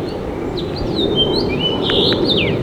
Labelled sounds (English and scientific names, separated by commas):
House Finch (Haemorhous mexicanus) song